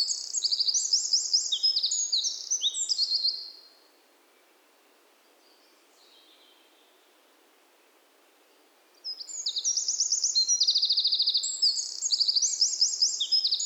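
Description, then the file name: Eurasian wren song: two bursts of rapid, high, rattling trills and sharp notes, separated by several seconds of quiet. "Troglodytes troglodytes"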